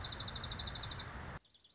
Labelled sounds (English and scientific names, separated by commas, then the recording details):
Dark-eyed Junco (Junco hyemalis)
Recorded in Sonoma County, California